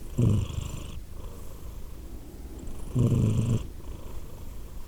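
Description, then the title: Cat purring steadily, two loud low bursts about three seconds apart separated by a quieter rumbling stretch. Cat named Edith, purring, Glasgow, Scotland, December 2023. "Edith purring, Glasgow, Scotland in December 2023 – by Steve Urquhart"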